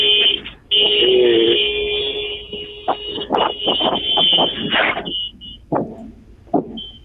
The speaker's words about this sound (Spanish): Se escuchan las bocinas, sí, ahí.